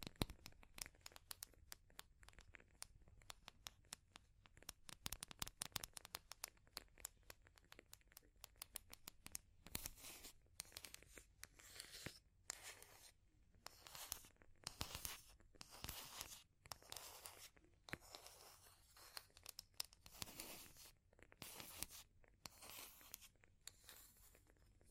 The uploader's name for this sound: Fire Crackling, Tapping, Scratching